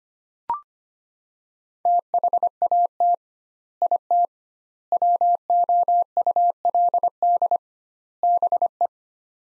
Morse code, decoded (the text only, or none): THAT IT WOULD BE